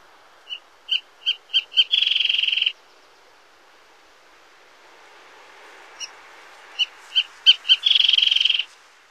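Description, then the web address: Wrentit song: a short series of sharp, high notes speeding up into a rapid trill, given twice with a pause of about three seconds between songs. North America. "Songs of Birds of North America Stokes. Wrentit"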